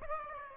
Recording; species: mosquito wingbeat signal from an infrared sensor; Aedes aegypti